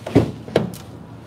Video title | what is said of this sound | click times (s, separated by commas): 2023 Kia Sportage Hybrid Review - EX AWD | So now it's locked into place. | 0.6 s